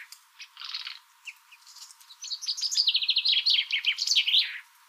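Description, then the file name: Common chaffinch song: a few scattered faint chirps, then from two seconds a loud cascading series of rapid notes descending in steps and ending with a brief flourish. "Fringilla coelebs"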